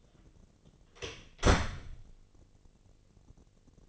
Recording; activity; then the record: daily activity, microphone in the room; close door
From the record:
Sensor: 4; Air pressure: 1013.2 hPa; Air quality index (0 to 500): 178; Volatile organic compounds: 2 ppm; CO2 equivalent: 1124 ppm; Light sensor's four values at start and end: 90/225/92/98 and 66/161/68/68